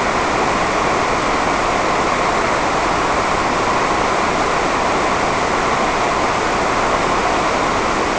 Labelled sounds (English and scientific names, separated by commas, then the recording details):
none
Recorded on Arctic tundra, site NAIT-1, on 28 June 2018
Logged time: 07:00